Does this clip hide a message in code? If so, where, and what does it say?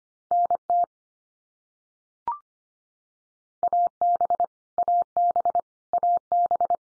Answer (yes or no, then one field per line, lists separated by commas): yes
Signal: Morse code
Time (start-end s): 0.3-6.8 s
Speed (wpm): 25 wpm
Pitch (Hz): 700 Hz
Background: none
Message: NT AB AB AB